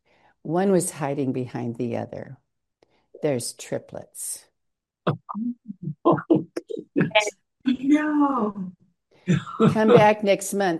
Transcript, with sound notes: One was hiding behind the other.
There's triplets."
Oh. (laughs)
No.
"Come back next month."